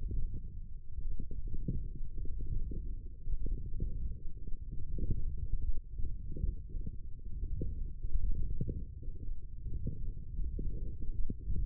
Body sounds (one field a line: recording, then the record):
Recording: forearm muscle sounds (acoustic myography)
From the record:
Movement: wrist flexion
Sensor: system 1, eight BSWA MPA416 microphones around the upper forearm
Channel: 7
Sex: male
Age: 21 years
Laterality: right